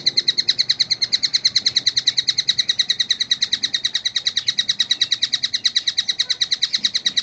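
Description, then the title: Oriental magpie-robin giving rapid repeated high chips, a monotonous and regular stream. "Kicau Kacer"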